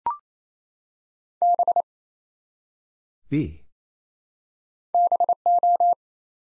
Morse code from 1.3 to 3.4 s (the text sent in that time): B